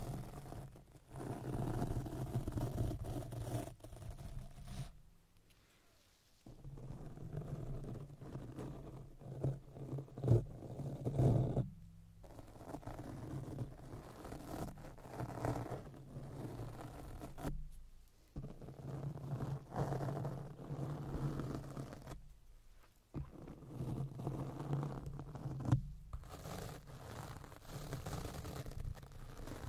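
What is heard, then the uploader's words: A microphone is being brushed and rubbed, giving a low, muffled scraping that swells and fades in long strokes. Brief near-silent pauses break it up around 5, 12, 18 and 23 seconds, and a few sharper scratches cut through along the way. ASMR Face and Microphone Brushing for Relaxation.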